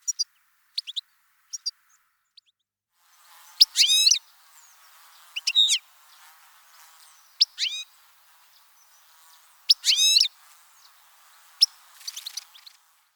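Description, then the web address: European goldfinch: sparse high notes and short twittering bursts scattered through the recording, with faint background noise in the later part. "coll efromentin la rochelle. Chardonneret elegant"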